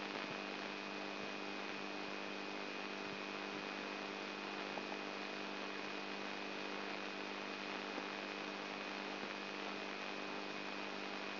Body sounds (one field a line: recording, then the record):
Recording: brain microelectrode recording played as sound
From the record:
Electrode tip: inside the subthalamic nucleus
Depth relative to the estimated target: 0 mm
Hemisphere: right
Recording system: AlphaMap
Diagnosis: Parkinson's disease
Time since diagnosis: 12 years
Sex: female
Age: 59 years